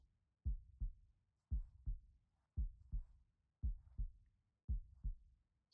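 Soft, deep paired thumps (lub-dub) repeat in a steady, regular rhythm at about 57 beats a minute, with quiet pauses between beats. These are ordinary heart sounds of a resting adult, heard close up and offered as a soothing sound for falling asleep.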